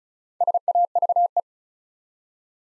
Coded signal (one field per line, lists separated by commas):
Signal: Morse code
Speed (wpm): 36 wpm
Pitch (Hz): 700 Hz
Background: none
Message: SAVE